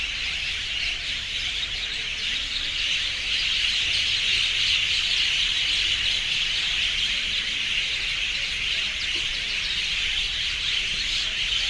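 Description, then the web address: Many birds keep up a harsh, piercing screeching mass, calls blurring together without pause, over a soft low hum throughout. Urban birds, extreme screaming. "City Sounds AMBUrbn Birds, Scream, Extreme"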